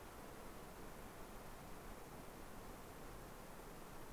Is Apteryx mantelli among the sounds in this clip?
no